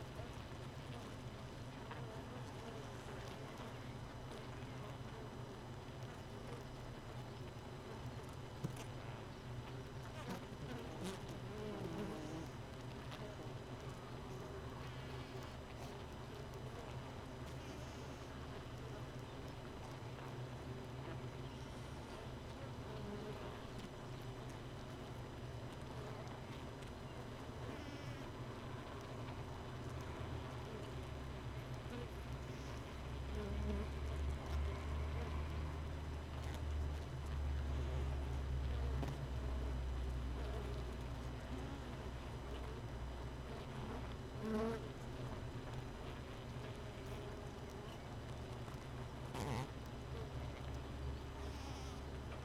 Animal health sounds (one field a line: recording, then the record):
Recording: honeybee colony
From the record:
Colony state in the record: missing queen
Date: 31 May 2018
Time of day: 4:19